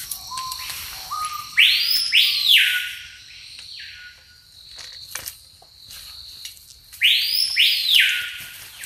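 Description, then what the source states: Screaming piha: loud, ringing whistled notes sweeping sharply up and down, given twice, with softer lead-in notes before the first, over insects. Little brown-grey tree-dwelling bird recorded in the Amazon; the call builds up, revving, to a high-pitched part.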